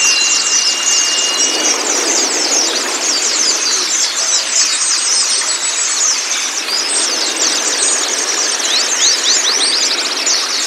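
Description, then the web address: White-eye song: thick, high chattering chirps throughout, with a brief steady thin whistle near the start and quick rising notes later. Therapy recording meant to get a pleci to open its beak and start singing; 'masteran' training for the bird. "pleci terapi buka paruh. masteran pleci"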